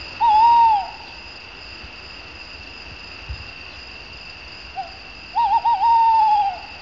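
Tawny owl hooting: a short steady hoot, a pause of several seconds, then a faint stutter and a long wavering hoot, over a steady background hum.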